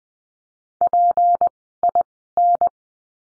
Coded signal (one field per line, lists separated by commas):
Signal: Morse code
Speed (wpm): 20 wpm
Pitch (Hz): 700 Hz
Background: none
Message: PIN